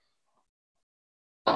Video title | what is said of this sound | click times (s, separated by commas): UNBOXING TRUNKS EX C-PR.. Ça fait l'taf ou pas ?? | hop ça s'est enclenché nickel | 1.5 s